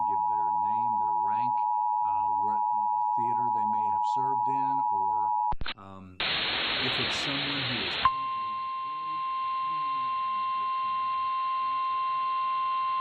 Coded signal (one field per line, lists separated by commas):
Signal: Emergency Alert System (SAME) tones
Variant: 853 and 960 Hz attention tone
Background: speech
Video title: (EAS #18) (NBC WHIZ) Newark OH, Tornado Warning (6/8/2022)